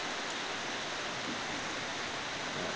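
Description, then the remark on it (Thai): Steady rain falls with a constant, soft hiss that spreads evenly across the sound, with no voices and no break in the gentle wash. “อย่างฝนตกเนี่ยบางทีก็บางคนก็เกิดความกังวลเดี๋ยวจะกลับบ้านยังไงดีเนาะ”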